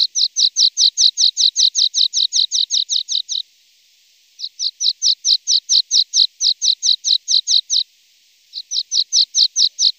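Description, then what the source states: Lark song: bursts of rapid, sharp high chirps, separated by short silent pauses. Masteran training recording for larks.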